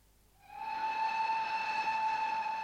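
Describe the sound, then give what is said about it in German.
A steam train whistle, as a train arrives at Springfield, rises quickly and holds a steady, sustained chord of bright tones for about two seconds, loud and unbroken, with no voices. “Am Spätnachmittag des nächsten Tages stieg eine Gruppe führender Republikaner in Springfield aus dem Zuge, um Lincoln offiziell von seiner Nominierung zum Präsidentschaftskandidaten zu unterrichten.”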